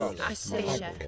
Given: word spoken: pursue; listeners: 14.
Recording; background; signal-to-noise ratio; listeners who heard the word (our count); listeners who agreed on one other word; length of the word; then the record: one English word in noise, from a listening test; four-talker babble; -3.0 dB; 0 of 14; 6 of 14; 0.68 s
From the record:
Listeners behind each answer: 6, 1, 1, 1, 1, 1, 1, 1, 1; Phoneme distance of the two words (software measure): 45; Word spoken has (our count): 2 syllables, 5 phonemes, stress on syllable 2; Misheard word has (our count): 2 syllables, 4 phonemes, stress on syllable 1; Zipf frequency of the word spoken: 3.96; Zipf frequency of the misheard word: 3.75